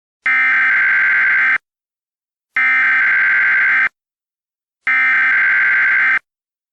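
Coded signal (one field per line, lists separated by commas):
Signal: Emergency Alert System (SAME) tones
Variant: header bursts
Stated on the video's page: Fictional EAS scenario.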